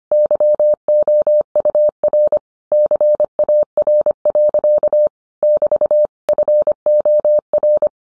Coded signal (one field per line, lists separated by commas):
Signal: Morse code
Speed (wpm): 25 wpm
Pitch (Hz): 600 Hz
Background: none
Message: YOUR CAR. <BT> FOR